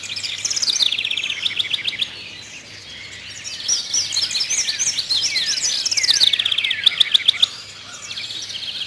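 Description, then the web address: Bird calls: busy bursts of high chirps and twittering, a brief quieter gap midway, then more rapid repeated chips. "Peterson North American Birds"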